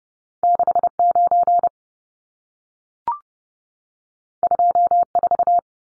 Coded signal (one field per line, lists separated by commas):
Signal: Morse code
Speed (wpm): 30 wpm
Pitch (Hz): 700 Hz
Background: none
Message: 69 24